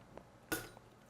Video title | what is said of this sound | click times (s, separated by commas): 2026 VRS Swerve 01: Introduction & Swerve Drive Assembly | And we go till it clicks. | 0.5 s